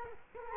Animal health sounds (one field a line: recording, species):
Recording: mosquito wingbeat signal from an infrared sensor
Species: Culex quinquefasciatus